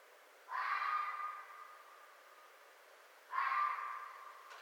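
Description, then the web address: Red fox producing two raspy calls about three seconds apart, each with a long, trailing echo-like fade. Recorded 4 May 2011. "Red Fox 2011 05 04 Red Fox"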